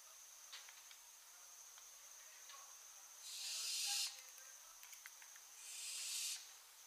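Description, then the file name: Barn owl with two hoarse hissing screeches in the second half, preceded by faint clicks and ticks against a thin constant high tone. "Schleiereule - Tyto alba"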